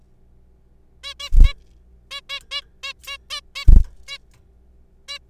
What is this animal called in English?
Zebra Finch